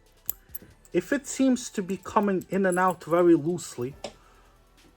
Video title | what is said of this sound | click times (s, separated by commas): Fix Your Broken Chain In 60 Seconds! Works 99% Of Time On Chains Or Bracelets - Harlembling Guide | you want to hear a click | 0.3 s